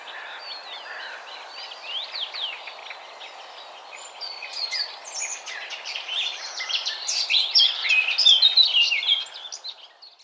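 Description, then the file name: Eurasian blackcap song: a rich, fast warble that grows louder and brighter after the first seconds, with other small birds twittering and chirping throughout. "Sylvia atricapilla"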